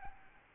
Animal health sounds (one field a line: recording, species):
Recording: mosquito wingbeat signal from an infrared sensor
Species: Aedes albopictus